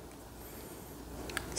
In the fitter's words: see this it's locked into place